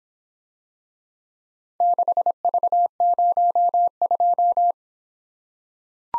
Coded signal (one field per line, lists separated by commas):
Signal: Morse code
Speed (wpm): 25 wpm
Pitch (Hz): 700 Hz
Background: none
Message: 6V02